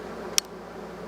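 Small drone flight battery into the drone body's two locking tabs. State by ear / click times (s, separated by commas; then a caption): seated / 0.4 s. A small drone flight battery is slid into the drone body until it engages the two small plastic locking tabs. Against a faint steady hiss, one sharp bright click sounds at 0.4 s. The battery is seated, latched into both locks.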